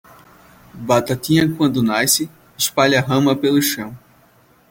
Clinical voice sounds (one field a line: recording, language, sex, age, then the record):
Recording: short text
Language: Brazilian Portuguese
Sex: male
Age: 20 to 29 years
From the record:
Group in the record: control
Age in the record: 23 years